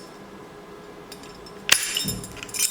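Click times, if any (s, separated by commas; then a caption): 1.7 s. A plastic piece from a repair kit is pressed onto the door check (limiter) arm of a Renault Latitude or SsangYong car door. It snaps into place with one sharp click at 1.7 s, followed by quieter rattling and handling noise. The piece is seated.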